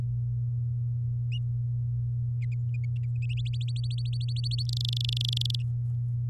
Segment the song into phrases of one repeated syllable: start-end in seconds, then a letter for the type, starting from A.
3.37-4.63 A, 4.69-5.55 B